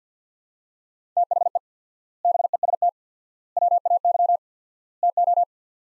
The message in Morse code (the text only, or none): THE BEST WAY TO